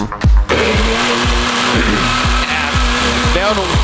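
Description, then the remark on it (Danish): A blender whirs loudly and steadily as it mixes smoothies, its motor droning with a rough, gritty roar and a regular thumping pulse, about twice a second, as the contents churn. “laver jeg så også lige nogle smoothies. Vi laver nogle smoothies, og vi prøver frem for alt at sælge.”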